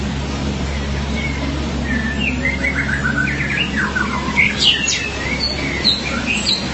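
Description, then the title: Magpie-robin or shama song of rapid whistled trills and sharp high notes in a busy, varied stream, against a steady low droning hum. "BM Suara Burung Murai"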